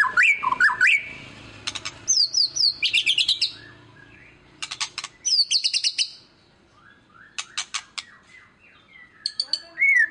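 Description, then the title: White-rumped shama song: varied loud whistles, rising and falling slurs mixed with sharp clicks and rapid chirps in separate bursts throughout. Song used as a lure to make other birds respond. "PANCINGAN MURAI BATU GACOR"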